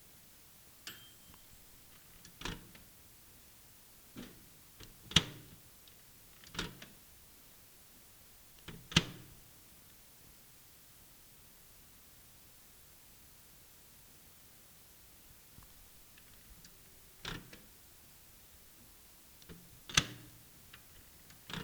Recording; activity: daily activity, guitar pickup as the sensor; use microwave